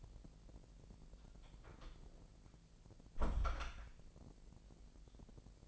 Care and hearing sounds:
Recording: daily activity, microphone in the room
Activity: close door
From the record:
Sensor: 5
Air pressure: 1001.6 hPa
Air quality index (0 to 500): 248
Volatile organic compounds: 33 ppm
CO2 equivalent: 3025 ppm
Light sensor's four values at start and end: 36/84/33/32 and 37/87/35/34

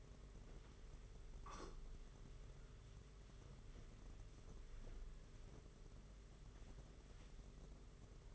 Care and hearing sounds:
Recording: daily activity, microphone in the room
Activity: wipe stove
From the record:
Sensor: 4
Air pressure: 992.3 hPa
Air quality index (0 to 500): 110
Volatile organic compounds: 19 ppm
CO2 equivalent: 2653 ppm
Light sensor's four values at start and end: 22/76/28/29 and 22/76/28/29

